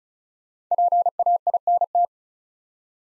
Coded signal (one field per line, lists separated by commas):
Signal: Morse code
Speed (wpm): 36 wpm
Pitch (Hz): 700 Hz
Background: none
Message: PAINT